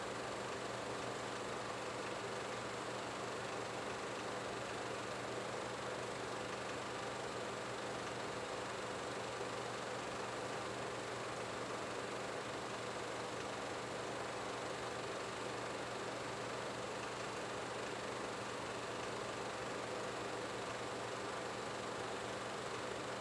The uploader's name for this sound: Theater Projector Running White Noise